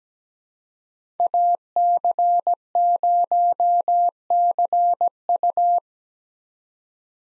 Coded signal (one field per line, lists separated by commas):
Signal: Morse code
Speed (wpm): 17 wpm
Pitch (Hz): 700 Hz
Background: none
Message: AC0CU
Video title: 2023 POTA Hunter Call Signs - 17wpm